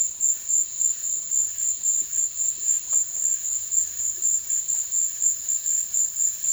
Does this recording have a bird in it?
no